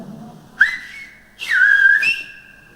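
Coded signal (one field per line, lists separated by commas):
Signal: whistled language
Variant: Silbo canario, whistled Spanish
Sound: two short loud whistled phrases with gliding pitch, after a low murmur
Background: low voice murmur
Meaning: José, are you coming now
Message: José, ya vas a venir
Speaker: ahora josé ya vas a venir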